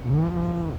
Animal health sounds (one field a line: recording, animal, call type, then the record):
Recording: contact call of a hoofed animal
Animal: goat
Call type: low-frequency (closed-mouth) or high-frequency (open-mouth) call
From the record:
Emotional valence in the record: negative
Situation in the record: short social isolation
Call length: 0.79 s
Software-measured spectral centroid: 1140 Hz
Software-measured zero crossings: 490 a second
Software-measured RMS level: -24 dBFS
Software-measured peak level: -11 dBFS